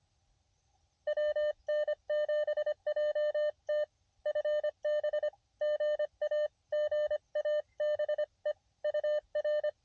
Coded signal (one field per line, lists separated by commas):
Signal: Morse code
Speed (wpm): 24 wpm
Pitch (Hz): 590 Hz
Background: none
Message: WN7JT FB GA GABE UR